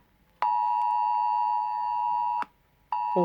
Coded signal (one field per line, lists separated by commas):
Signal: Emergency Alert System (SAME) tones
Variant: 853 and 960 Hz attention tone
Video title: Recording the United Kingdom emergency alert system (UK EAS) test on my phone